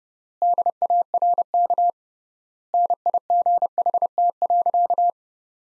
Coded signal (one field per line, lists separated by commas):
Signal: Morse code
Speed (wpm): 31 wpm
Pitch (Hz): 700 Hz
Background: none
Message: DARK NIGHT.